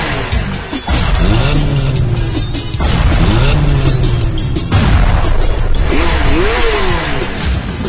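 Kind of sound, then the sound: vehicle, motorcycle engine accelerating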